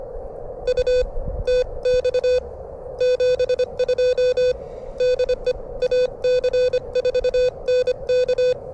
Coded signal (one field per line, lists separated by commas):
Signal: Morse code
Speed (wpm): 25 wpm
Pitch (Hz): 500 Hz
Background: none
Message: U TX 72 DE AC4NK